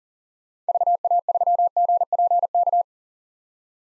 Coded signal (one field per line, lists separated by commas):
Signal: Morse code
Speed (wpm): 37 wpm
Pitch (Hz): 700 Hz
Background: none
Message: VA3GPK